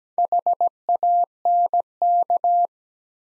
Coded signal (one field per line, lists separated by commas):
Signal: Morse code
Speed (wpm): 17 wpm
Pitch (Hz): 700 Hz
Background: none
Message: HANK